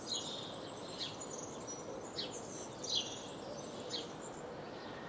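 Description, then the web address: House sparrow calls: a series of short, bright chirps repeated roughly once a second against a noisy background. "SETE data Passer domesticus"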